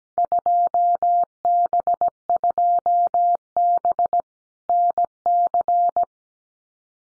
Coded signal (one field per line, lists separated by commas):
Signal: Morse code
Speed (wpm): 17 wpm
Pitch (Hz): 700 Hz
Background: none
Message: 2B 2B NC